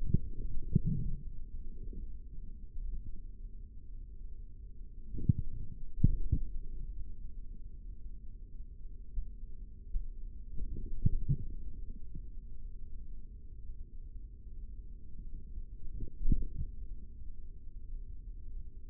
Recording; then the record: forearm muscle sounds (acoustic myography)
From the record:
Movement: forearm pronation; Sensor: system 3, bracelet of six PUI Audio POM-2738L microphones around the upper forearm, with dedicated amplification and filtering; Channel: 3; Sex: male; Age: 55 years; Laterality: right